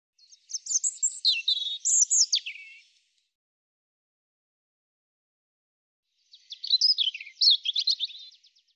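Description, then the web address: European robin song: two high, tinkling phrases of fast, varied notes and slurs, separated by a few seconds of silence. "cianscape birddata Deverinetal 2025 Bird Er Ru"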